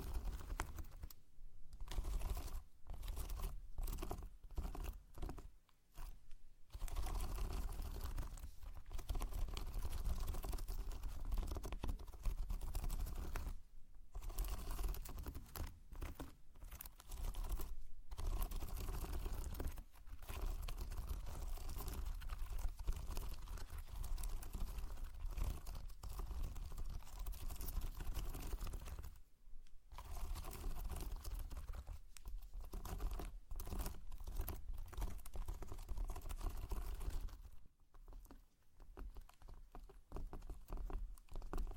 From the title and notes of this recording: ASMR SLIME! 5 Satisfying Slimes.